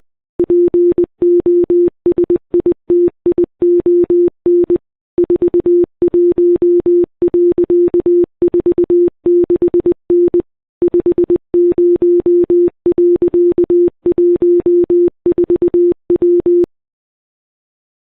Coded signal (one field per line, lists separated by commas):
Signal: Morse code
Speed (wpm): 20 wpm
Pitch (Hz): 350 Hz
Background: none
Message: POSITION 41.46N 50.14W